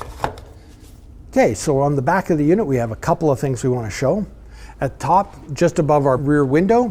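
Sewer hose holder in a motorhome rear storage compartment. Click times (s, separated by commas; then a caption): 0.2 s. A sewer hose holder is slid back into its rear storage compartment on a 2024 Pleasure-Way Plateau XLTS motorhome and locked with a quarter-turn latch for travel, giving a sharp click at 0.2 s. Someone then talks for the rest of the clip. The holder is locked in place.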